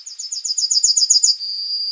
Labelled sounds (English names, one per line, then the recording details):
Yellowhammer song
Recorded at under 5 m from the bird
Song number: 154